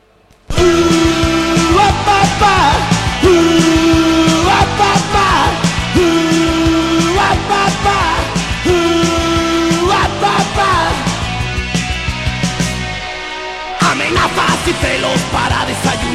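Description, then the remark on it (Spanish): A loud, dense rock song plays with a full band and strained, shouted vocal lines riding over driving guitars and drums, briefly thinning out before crashing back in. “vamos a poner el tema …”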